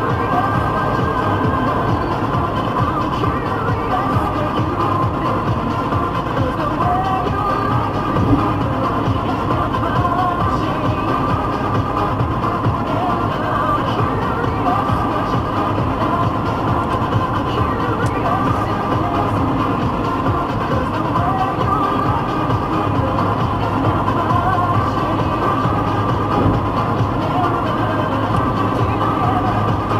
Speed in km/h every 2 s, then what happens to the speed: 121, 119, 120, 120, 121, 121, 121, 122, 123, 123, 119, 119, 120, 121, 120.
0-30 steady at about 121.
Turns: none.